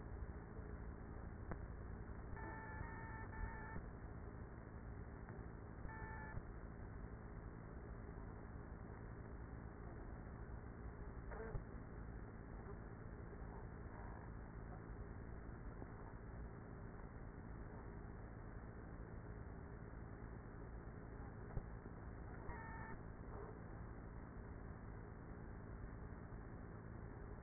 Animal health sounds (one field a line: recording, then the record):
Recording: honeybee colony, microphone inside the hive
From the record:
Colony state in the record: queenless with a low population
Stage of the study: after two queens were removed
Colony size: about 30,000 bees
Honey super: no